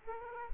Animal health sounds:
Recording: mosquito wingbeat signal from an infrared sensor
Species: Aedes aegypti

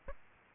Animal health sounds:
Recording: mosquito wingbeat signal from an infrared sensor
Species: Aedes aegypti

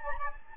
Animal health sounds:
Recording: mosquito wingbeat signal from an infrared sensor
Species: Anopheles gambiae

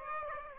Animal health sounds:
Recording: mosquito wingbeat signal from an infrared sensor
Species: Aedes aegypti

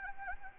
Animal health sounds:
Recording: mosquito wingbeat signal from an infrared sensor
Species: Anopheles gambiae

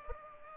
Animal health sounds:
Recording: mosquito wingbeat signal from an infrared sensor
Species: Culex pipiens

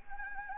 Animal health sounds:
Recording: mosquito wingbeat signal from an infrared sensor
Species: Anopheles gambiae

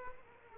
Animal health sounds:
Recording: mosquito wingbeat signal from an infrared sensor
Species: Culex quinquefasciatus

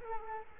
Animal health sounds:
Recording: mosquito wingbeat signal from an infrared sensor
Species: Culex quinquefasciatus

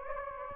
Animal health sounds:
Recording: mosquito wingbeat signal from an infrared sensor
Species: Anopheles gambiae

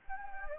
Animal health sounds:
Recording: mosquito wingbeat signal from an infrared sensor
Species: Anopheles gambiae

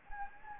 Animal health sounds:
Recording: mosquito wingbeat signal from an infrared sensor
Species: Anopheles gambiae

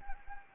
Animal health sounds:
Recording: mosquito wingbeat signal from an infrared sensor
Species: Anopheles gambiae

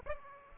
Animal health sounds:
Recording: mosquito wingbeat signal from an infrared sensor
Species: Aedes aegypti

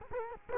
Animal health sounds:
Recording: mosquito wingbeat signal from an infrared sensor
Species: Culex quinquefasciatus

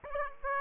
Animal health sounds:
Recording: mosquito wingbeat signal from an infrared sensor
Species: Aedes aegypti

